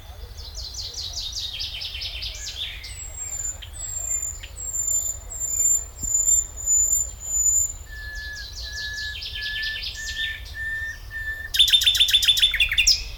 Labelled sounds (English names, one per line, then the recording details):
Common Nightingale
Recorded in the wild
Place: Schloßpark Babelsberg, Brandenburg, DE
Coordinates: 52.4, 13.1
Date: 1996-06-07 12:55
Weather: sonnig, 24-30°C
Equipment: Sony MD-WM MZ-R3, Sennheiser MKH 416 T, Kopie Uher 4000 Report Monitor
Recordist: Tembrock, Günter